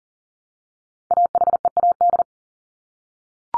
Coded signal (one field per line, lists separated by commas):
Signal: Morse code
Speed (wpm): 40 wpm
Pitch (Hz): 700 Hz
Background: none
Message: AHEAD